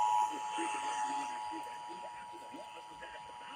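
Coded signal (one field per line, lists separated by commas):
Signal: Emergency Alert System (SAME) tones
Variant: 853 and 960 Hz attention tone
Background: speech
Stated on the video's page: Required Monthly Test received off broadcast radio.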